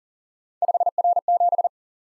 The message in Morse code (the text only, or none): 5R7